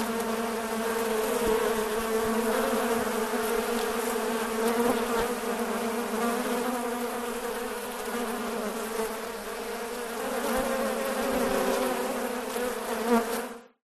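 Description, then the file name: Bee buzz from a swarm, a dense continuous hum with steady low tones, holding level until it cuts off at the very end. Swarm of bees, recorded while surrounded by the swarm. "bees swarm sourrounded"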